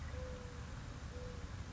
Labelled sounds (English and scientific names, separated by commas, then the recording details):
Mourning Dove (Zenaida macroura)
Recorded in Sonoma County, California